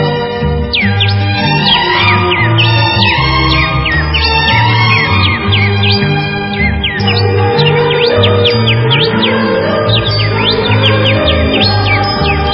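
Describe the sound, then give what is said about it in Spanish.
Many birds of the coasts of Feliciano chirp and whistle in quick, overlapping high-pitched calls that continue throughout, layered over a steady, loud musical backing. “Despierta aquí mi cantar, con un silbido entrerriano, cantan y silban las aves de mis costas, Feliciano.”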